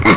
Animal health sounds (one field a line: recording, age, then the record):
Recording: pig call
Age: piglet (1 to 25 days)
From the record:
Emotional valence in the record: positive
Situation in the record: reunion after long isolation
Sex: male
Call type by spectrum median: low-frequency call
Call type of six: low-frequency tonal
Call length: 0.17 s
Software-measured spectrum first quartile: 390 Hz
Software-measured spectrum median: 1142 Hz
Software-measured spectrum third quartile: 2516 Hz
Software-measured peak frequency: 191 Hz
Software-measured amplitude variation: 157 dB a second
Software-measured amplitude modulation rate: 11.8 a second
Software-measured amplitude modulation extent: 13.3 dB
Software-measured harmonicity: 0.1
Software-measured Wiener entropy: -1.51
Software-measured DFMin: 1309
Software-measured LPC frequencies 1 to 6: 1180, 2120, 4008, 4283, 6235, 7614 Hz